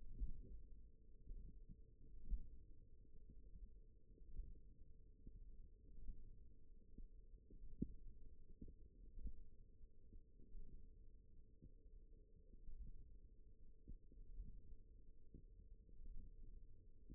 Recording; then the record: forearm muscle sounds (acoustic myography)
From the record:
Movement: hook grip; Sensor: system 1, eight BSWA MPA416 microphones around the upper forearm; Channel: 4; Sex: female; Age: 20 years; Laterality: right